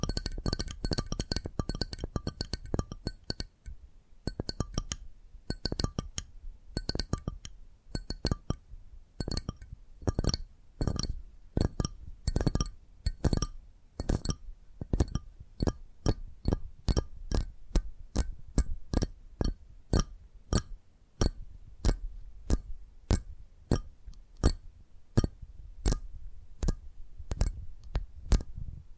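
Tapping triggers: sharp, crisp taps with a glassy clink, coming in quick, dense bursts for the first few seconds. From around ten seconds the taps space out into a steadier, slower pattern of separate hits through to the end, with a faint hiss underneath.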